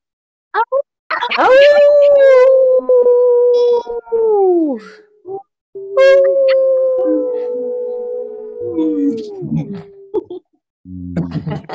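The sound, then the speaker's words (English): Several people on a group call howl together in imitation of wolves: loud, sustained, overlapping tones that hold steady and then slide downward, in two long swells followed by a short final cry. “So with that, let's all take ourselves off mute and howl out.”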